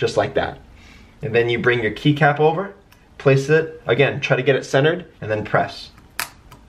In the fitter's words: it snaps into place.